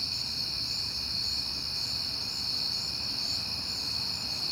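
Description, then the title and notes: Crickets trill continuously in a shimmering high chorus, steady in volume, with a quiet low hum underneath. Crickets heard often in September; recorded at night on a peaceful night. "Night Time: Crickets and Passing Cars. It is September and I have been hearing the crickets a lot, but finally had a peaceful night to make the recording"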